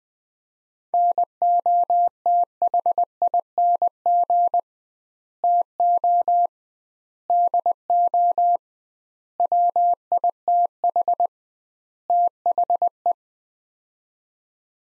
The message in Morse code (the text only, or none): NOTHING TO DO WITH THE